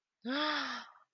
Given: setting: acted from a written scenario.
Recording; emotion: vocal sound without words; awe